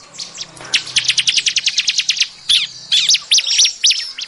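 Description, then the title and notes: Bar-winged prinia calls: a fast, dense run of sharp high chirps, followed by looser, scratchy twittering notes. Call used as a lure for trapping birds. "BURUNG CIBLEK MANCING. Suara Ciblek Pikat Ampuh"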